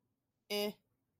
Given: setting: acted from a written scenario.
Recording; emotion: vocal sound without words; neutral